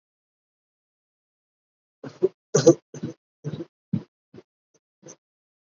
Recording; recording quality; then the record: heavy voluntary cough; poor, much background noise or distortion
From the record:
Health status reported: healthy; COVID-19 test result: not tested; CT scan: not taken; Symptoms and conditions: none ticked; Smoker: no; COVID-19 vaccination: both doses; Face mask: worn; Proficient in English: yes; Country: India